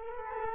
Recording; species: mosquito wingbeat signal from an infrared sensor; Culex quinquefasciatus